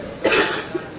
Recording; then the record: coughing mixed with background sound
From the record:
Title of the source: 60 coughing still (deep and wet cough)